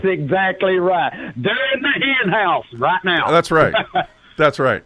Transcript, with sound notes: That's exactly right. They're in the henhouse right now. (laughs)
That's right. That's right.